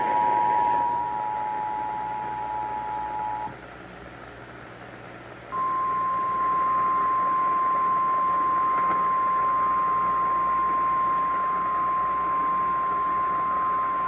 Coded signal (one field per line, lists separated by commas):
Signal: Emergency Alert System (SAME) tones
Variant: 853 and 960 Hz attention tone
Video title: EAS- LOX Flash Flood Warning (FFW) Los Angeles, Ventura Counties on KFI-AM 640 (8/20/23)